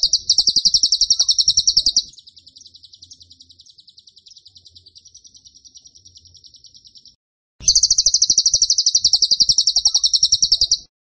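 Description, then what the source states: Bird song: loud rapid chattering notes, then a softer, thinner run of the same fast pulses for several seconds, a short pause, and another loud rapid burst. Training (masteran) recording for cage birds; song style called tembakan; bird singing vigorously (gacor).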